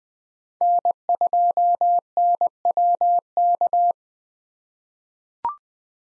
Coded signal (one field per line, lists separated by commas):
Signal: Morse code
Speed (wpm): 20 wpm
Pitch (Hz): 700 Hz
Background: none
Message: N2NWK